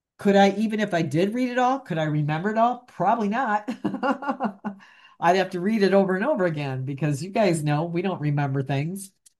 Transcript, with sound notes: Could I...
Even if I did read it all, could I remember it all? Probably not. (laughs) I'd have to read it over and over again because you guys know we don't remember things.